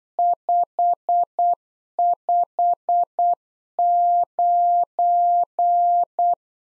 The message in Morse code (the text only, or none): 559